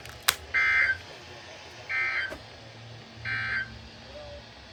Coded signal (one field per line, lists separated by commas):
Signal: Emergency Alert System (SAME) tones